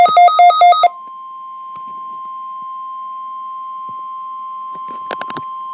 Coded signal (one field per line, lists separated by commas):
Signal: Emergency Alert System (SAME) tones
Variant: 1050 Hz attention tone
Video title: EAS 8 required weekly test with